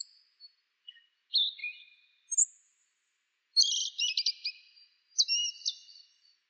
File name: sikatan bubik